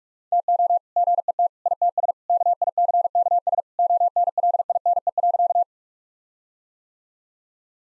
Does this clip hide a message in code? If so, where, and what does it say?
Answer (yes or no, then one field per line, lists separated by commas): yes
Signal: Morse code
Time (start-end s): 0.3-5.6 s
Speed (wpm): 46 wpm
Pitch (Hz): 700 Hz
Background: none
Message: TO GET ITS KICKS ONLINE.